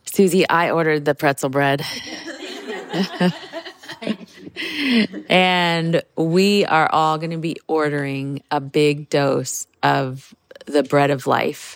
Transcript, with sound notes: Suzy, I ordered the pretzel bread. (laughter) And we are all going to be ordering a big dose of the Bread of Life